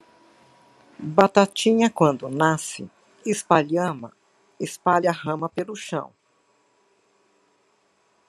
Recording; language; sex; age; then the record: short text; Brazilian Portuguese; female; 60 to 69 years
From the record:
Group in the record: control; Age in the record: 66 years